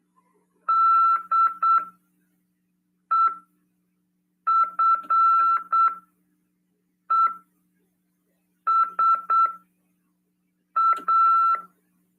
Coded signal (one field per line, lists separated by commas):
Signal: Morse code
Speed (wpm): 8 wpm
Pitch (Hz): 1340 Hz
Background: none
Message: DEFESA